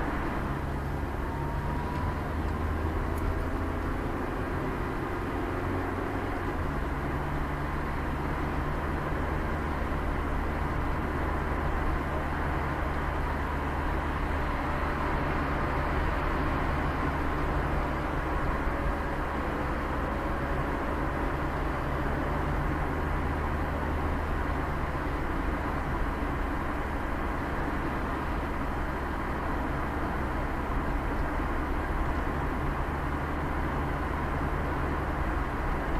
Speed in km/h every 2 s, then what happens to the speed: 12, 16, 21, 25, 27, 28, 28, 32, 36, 40, 43, 43, 42, 41, 40, 42, 42, 37.
0-6 speeds up to 25. 6-12 steady at about 27. 12-20 speeds up to 43. 20-32 steady at about 42.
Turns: none.